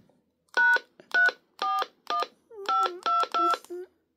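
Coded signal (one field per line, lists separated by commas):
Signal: DTMF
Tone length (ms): 180 ms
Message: #341522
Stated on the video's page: DTMF tones from Baofeng DM32 and UV-32 radios.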